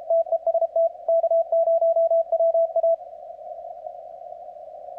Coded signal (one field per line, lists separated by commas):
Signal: Morse code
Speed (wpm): 31 wpm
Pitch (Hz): 660 Hz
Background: radio noise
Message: TEST K0WA